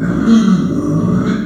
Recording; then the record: squeal of a Yucatan mini pig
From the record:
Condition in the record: after surgery on the right vocal fold (resection and tissue-engineered implant); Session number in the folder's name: 6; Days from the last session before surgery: 40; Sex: female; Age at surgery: 19 weeks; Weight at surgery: 25 kg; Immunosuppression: prednisolone